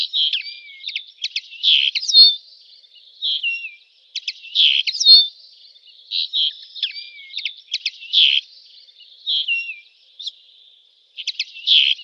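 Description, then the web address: Eurasian linnet song, rapid twittering phrases of buzzy notes and short whistled slurs, delivered in bursts separated by brief pauses, quiet background. "Schulze Peter Eurasian Linnet song"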